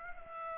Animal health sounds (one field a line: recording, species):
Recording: mosquito wingbeat signal from an infrared sensor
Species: Aedes aegypti